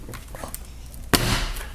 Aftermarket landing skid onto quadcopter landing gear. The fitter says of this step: now you have that lock into place right there